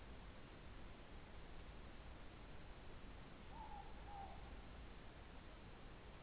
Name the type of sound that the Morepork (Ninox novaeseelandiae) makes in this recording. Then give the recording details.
more-pork call. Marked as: faintness 2/5. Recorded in New Zealand. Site Taranaki